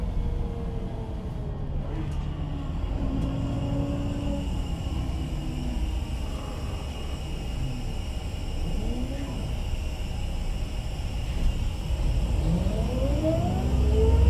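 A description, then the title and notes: Inside a bus on a night ride, a steady low engine rumble fills the cabin with a constant hiss on top. Whining tones rise and fall as the bus shifts speed, with a few faint clicks early on and the rumble swelling near the end. Mercedes-Benz Citaro. Massive ZF Ecomat Sound. Hat : 3B Kadıköy - Ünalan Mahallesi. Massive ZF Ecomat Noice + Kickdown White Noise Bus Night Ride. Public Transportation.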